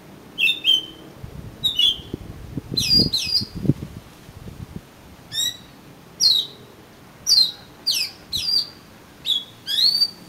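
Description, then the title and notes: Oriental magpie-robin singing bright whistled notes with downward slurs, spaced a second or so apart, with a few soft low thumps early on. "suara kacer. kumpulan suara burung kacer"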